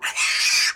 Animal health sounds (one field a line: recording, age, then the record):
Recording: pig call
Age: piglet (1 to 25 days)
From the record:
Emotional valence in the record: negative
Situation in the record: castration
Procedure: castration, cut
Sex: male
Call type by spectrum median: high-frequency call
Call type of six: high-frequency modulated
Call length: 0.76 s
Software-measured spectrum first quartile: 2309 Hz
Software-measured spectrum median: 3844 Hz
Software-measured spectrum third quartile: 5515 Hz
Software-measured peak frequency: 2390 Hz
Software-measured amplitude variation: 133 dB a second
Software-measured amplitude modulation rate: 15.1 a second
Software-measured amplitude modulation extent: 8.8 dB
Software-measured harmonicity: 0.7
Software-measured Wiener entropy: -2.10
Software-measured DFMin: 972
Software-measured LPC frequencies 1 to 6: 1254, 1857, 2455, 4727, 5415, 7278 Hz